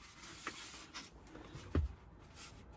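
A rear screen bracket piece for a Tesla Model Y's rear heating control screen is pressed into the rear console and seats with a short, sharp click at 0.5 s. A second, louder low thump follows at 1.8 s against faint rustling handling noise, and the piece ends up clicked into place.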